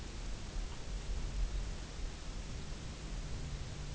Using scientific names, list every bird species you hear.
none